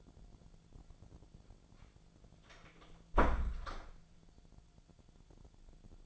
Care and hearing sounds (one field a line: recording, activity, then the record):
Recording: daily activity, microphone in the room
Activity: close door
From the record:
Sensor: 5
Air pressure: 1000.6 hPa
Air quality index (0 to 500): 154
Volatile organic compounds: 2 ppm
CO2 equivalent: 1182 ppm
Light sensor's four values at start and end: 49/114/48/51 and 49/114/48/51